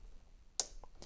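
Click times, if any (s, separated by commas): 0.6 s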